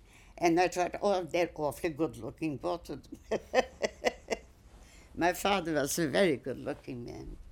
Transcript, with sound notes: And I thought, oh, they're awfully good-looking, both of them. ( she laughs ) My father was a very good-looking man.